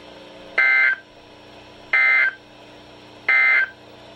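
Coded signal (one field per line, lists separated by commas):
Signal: Emergency Alert System (SAME) tones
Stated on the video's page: Real NOAA Weather Radio alerts from two transmitters, received on a Reecom R1630 with an external antenna; one transmitter's signal sounds poor.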